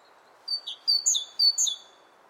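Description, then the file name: Great tit singing: high, clear phrases, each dropping to a lower note, repeated quickly about three times over a faint low hum. "Great Tit, Kohlmeise"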